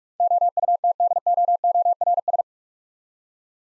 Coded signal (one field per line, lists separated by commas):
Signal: Morse code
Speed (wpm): 46 wpm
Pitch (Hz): 700 Hz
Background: none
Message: OUTDOORS